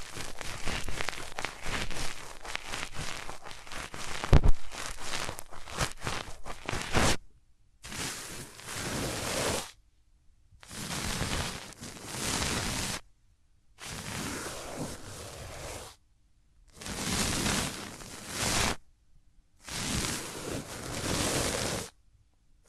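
Hands rub over the ears up close, opening with about seven seconds of dense, crackly rustling and small clicks. After that the rubbing comes in separate soft swells of whooshing friction, each lasting two to three seconds, with short silent gaps between them.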